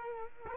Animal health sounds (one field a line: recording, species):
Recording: mosquito wingbeat signal from an infrared sensor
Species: Culex quinquefasciatus